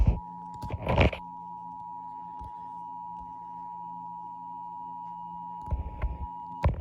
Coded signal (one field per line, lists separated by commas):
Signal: Emergency Alert System (SAME) tones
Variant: 853 and 960 Hz attention tone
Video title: Tornado Watch EAS#481